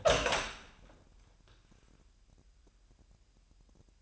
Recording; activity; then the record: daily activity, microphone in the room; open door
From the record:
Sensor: 2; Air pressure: 998.3 hPa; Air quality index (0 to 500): 135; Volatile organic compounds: 3 ppm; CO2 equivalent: 1534 ppm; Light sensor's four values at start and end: 11/28/12/12 and 11/28/12/12